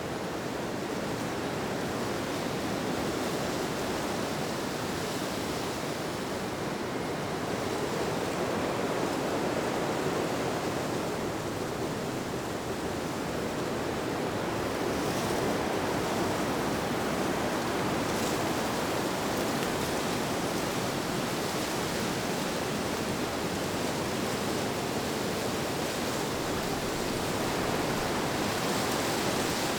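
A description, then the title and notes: Wind moves steadily through leaves, a dense, even rustle that holds at one level for the whole half minute. The sound is full and mid-toned, with a faint airy hiss above, and swells slightly around ten and fifteen seconds without any distinct events. The Wind and the Leaves.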